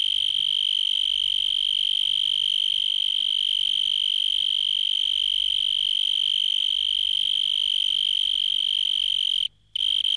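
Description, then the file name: Insect giving one sustained, piercing high note that holds steady, cutting out briefly near the end before resuming. "insetti insect"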